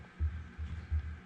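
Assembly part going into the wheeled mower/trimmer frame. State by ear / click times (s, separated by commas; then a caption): not seated / none. An assembly part is handled as it is pushed into a wheeled mower/trimmer frame, past its detent click. Low, throbbing thumps repeat at about 0.2, 0.6, 0.9 and 1.3 s over a steady hum. The clip ends before the part goes home; nothing has seated or clicked yet.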